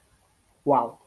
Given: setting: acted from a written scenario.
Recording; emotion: vocal sound without words; adoration